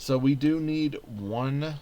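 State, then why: Not seated. A row of plastic building brick tiles is handled over the baseplate studs behind a half pipe build while someone talks. No snap is heard, and nothing has seated or clicked yet.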